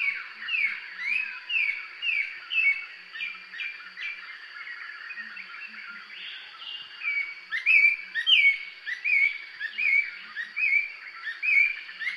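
Thrush singing, varied whistled phrases of slurred rising and falling notes delivered in quick succession, with a constant thin high hum behind.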